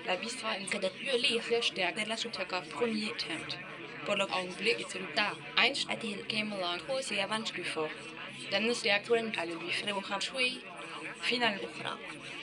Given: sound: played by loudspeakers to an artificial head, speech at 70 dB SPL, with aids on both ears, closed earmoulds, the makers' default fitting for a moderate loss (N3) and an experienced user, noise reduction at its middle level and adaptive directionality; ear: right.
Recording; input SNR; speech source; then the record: speech test signal (ISTS) in cocktail-party noise; +3 dB; on the right (90 degrees)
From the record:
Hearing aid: class 2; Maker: C